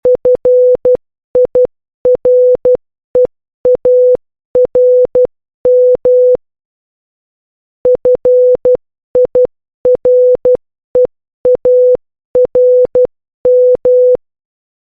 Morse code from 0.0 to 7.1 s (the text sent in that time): FIREARM